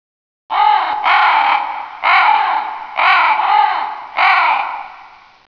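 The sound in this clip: Crow cawing, several harsh, nasal caws in quick succession, with no other sounds.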